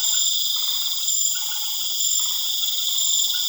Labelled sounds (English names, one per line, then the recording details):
none
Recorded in pastures near Puerto Asís, Putumayo, Colombia, on 12 March 2025 at 21:00
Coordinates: 0.487, -76.322
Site G077